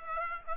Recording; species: mosquito wingbeat signal from an infrared sensor; Aedes aegypti